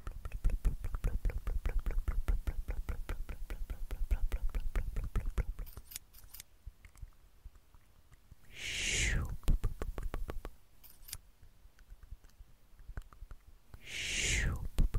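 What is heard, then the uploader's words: Rapid, regular plucking and snipping clicks run through the first six seconds, dense and evenly spaced, then thin out to scattered ticks. Two soft, breathy swells rise around nine and fourteen seconds, like mouth or hand sounds, brightening briefly before fading. ASMR PLUCKING AND PULLING WITH LAYERED SOUNDS, SCISSORS, MOUTH SOUNDS, HAND SOUNDS.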